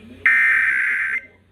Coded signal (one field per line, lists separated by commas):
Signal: Emergency Alert System (SAME) tones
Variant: header bursts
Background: speech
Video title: 2023 National Periodic Test | 10/4/2023 (EAS #993-4)